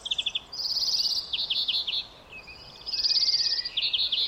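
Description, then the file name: European greenfinch uttering quick high trills and stuttered twittering notes in two bouts, rapid pulses running together, over a constant hissing background. "Chloris chloris"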